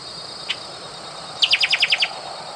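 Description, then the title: Bird song: one brief high note, then a quick run of about seven sharp high notes, over a steady high-pitched hiss. "LuckyPassaro Completos2Sama"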